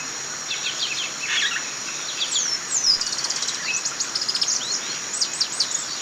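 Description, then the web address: Shiny cowbird singing a varied run of slurred high whistles and quick stuttering trills over a steady high-pitched hiss. Recorded in the eastern lowlands of South America. "S America Eastern Lowlands Molothrus bonariensis, song"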